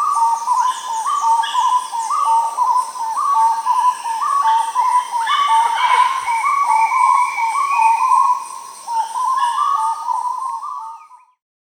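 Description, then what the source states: Starred wood-quail song: rollicking low whistled phrases repeated in a steady, overlapping chorus, continuous throughout. South America.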